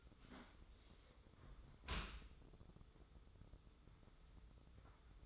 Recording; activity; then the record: daily activity, microphone in the room; close dishwasher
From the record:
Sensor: 3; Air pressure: 995.7 hPa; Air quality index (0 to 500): 97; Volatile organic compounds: 14 ppm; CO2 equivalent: 2436 ppm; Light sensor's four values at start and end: 29/86/36/32 and 29/86/36/31